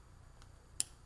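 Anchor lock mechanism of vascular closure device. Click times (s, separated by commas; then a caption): 0.8 s. An Angio-Seal vascular closure device's plastic body is pulled back, and a sharp click at 0.8 s marks its anchor locking into place so it no longer moves. A faint tick sounds earlier at 0.4 s over a quiet low hum.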